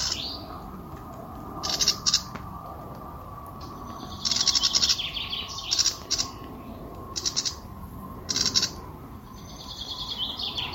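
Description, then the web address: Bird voicing clusters of rapid high pi notes at irregular intervals over a constant hiss and broad low background noise. Pi pi pi pi call type. "cianscape birddata Deverinetal 2025 Bird Only More Classes Pi Pi Pi Pi"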